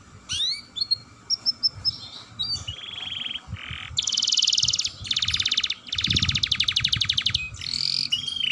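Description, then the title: Atlantic canary singing varied phrases: short whistled notes, then dense buzzy trills in long bursts separated by brief pauses. Song style described as gacor with long rolls (roll panjang). "Kenari Gacor Dor Roll Panjang"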